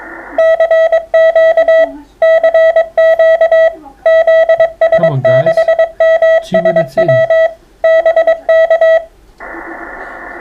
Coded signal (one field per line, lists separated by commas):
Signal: Morse code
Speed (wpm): 23 wpm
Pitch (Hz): 650 Hz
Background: none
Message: CQ CQ ZS6MSW BK